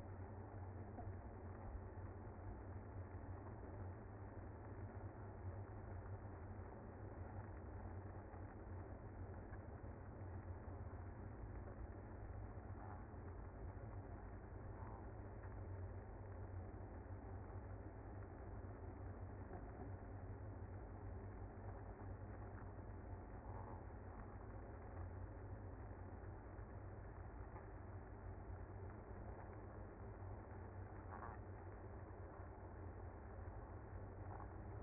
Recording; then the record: honeybee colony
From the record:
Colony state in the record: active